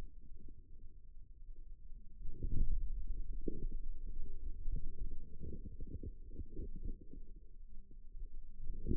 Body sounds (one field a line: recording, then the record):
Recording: forearm muscle sounds (acoustic myography)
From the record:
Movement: outward rotation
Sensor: system 2, bracelet of six BSWA MPA416 microphones around the upper forearm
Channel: 4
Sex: male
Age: 22 years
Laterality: right